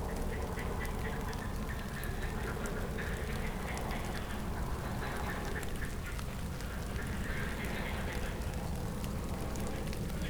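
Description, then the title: Frogs in a dense croaking chorus, many overlapping quacking calls continuing throughout over a steady low rumble. Frogs in Chindrieux, France, woken into calling by a passing helicopter. "Chindrieux, France - grenouilles"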